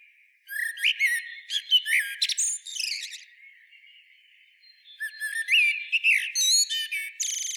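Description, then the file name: Common blackbird song: two bursts of mellow fluted warbling mixed with high, squeaky twittering notes, separated by a quieter pause. "Turdus merula"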